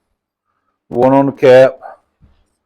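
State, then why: Not seated. Someone talks while handling a King engine main bearing shell for a 360 engine build, lining up its locating tab with the notch in the main bearing cap. Nothing has seated or clicked yet; the clip ends just before the shell goes home.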